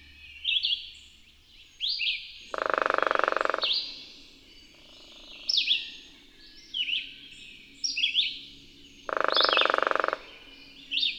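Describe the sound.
Bird song: high chirped and warbled phrases throughout, interrupted twice by loud, lower buzzing bursts.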